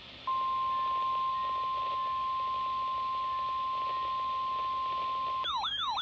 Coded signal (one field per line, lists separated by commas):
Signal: Emergency Alert System (SAME) tones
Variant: 1050 Hz attention tone